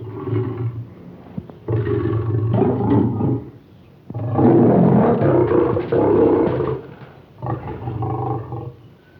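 Lion making deep, gravelly growls in several bursts, with the loudest stretch in the middle and a shorter growl at the end.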